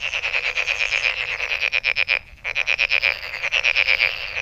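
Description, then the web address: Frogs giving rapid pulsed trills in bursts, a short pause midway, then the rattling chorus resumes. Recorded 23 May 2008. "misc sound frog frog 20080523-0442"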